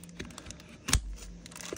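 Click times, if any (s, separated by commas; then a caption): 0.9 s. An injection-molded plastic adapter is pushed onto the cable side of a Bose A20 aviation headset ear cup amid light crinkling and handling taps. It snaps on with a sharp, loud click at 0.9 s and locks into place.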